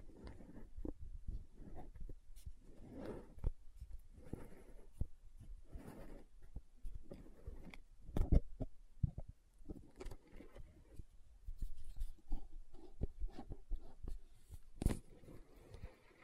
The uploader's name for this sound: Lid Sounds & Bottle Tapping, Scratching